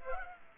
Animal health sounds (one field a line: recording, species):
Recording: mosquito wingbeat signal from an infrared sensor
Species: Culex pipiens